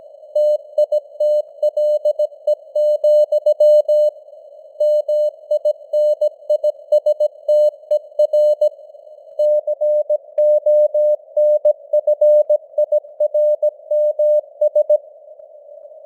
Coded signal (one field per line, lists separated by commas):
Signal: Morse code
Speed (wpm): 17 wpm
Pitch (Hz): 600 Hz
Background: none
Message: TITLE, MINISTER CONFIRMS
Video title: Morse Code News | 2025-11-03 | 17wpm